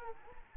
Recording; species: mosquito wingbeat signal from an infrared sensor; Culex quinquefasciatus